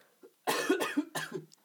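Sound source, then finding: Adult. Cough.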